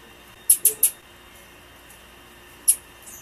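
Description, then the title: Blue-black grassquit calls: a quick burst of three very high, thin chips, then a single matching chip about two seconds later, over a faint steady hiss. Female bird. "Piado De Fêmea De Tiziu"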